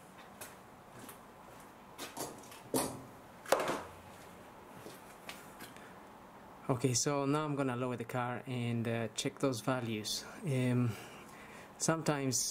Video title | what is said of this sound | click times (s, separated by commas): Mercedes w204 2008 c180 Kompressor cooling fan noisy running too fast fault code B10 7A15 | it clicks into place okay | 3.5 s